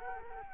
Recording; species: mosquito wingbeat signal from an infrared sensor; Culex quinquefasciatus